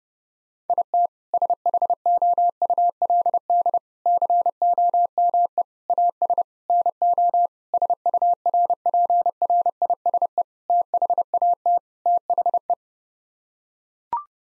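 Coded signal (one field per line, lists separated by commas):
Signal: Morse code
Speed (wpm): 32 wpm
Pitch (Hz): 700 Hz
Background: none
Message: IT SHOULD COME AS NO SURPRISE THAT THE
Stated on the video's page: Head-copy drill of eight-word sets sent in Morse at 30 wpm, each set sent twice.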